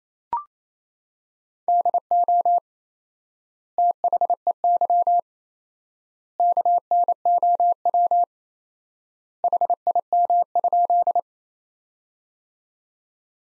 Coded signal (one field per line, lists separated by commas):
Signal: Morse code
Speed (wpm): 28 wpm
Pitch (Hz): 700 Hz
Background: none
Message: DO THEY KNOW HIM?